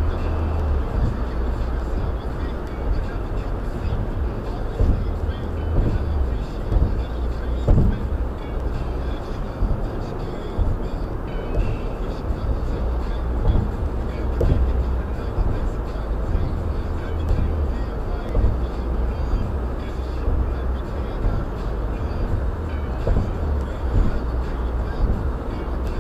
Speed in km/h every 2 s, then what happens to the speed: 113, 114, 114, 113, 113, 113, 113, 114, 113, 113, 113, 113, 113.
0-26 steady at about 113.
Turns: none.